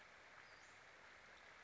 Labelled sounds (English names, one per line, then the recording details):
Western Flycatcher
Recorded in Sonoma County, California